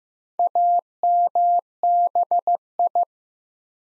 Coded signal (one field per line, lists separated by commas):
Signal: Morse code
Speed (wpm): 15 wpm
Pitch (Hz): 700 Hz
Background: none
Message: AMBI